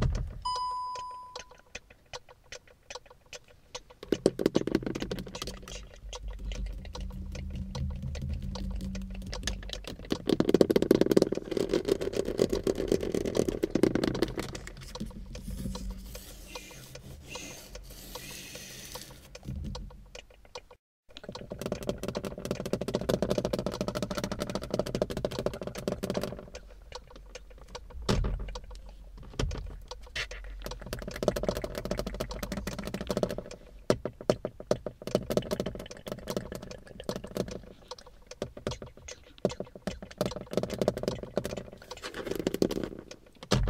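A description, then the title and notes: Tapping and scratching inside a car, with dense runs of quick, irregular taps and scrapes over a low, steady rumble. A sharp drop to near silence comes around twenty seconds before the busy tapping resumes, with a brief tone at the very start. In my CAR tapping, scratching.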